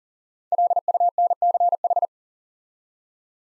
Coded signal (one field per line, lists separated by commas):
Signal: Morse code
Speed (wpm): 38 wpm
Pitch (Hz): 700 Hz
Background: none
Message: LUNCH